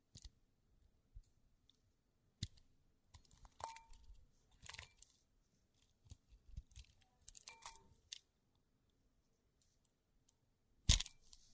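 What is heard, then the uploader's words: Soap being carved: scattered scraping strokes and small crisp cuts, with brief ringing scrapes around four and eight seconds. A sharp, loud snap near eleven seconds, likely a piece breaking off. Quiet background between strokes. 割肥皂｜Carving Soap.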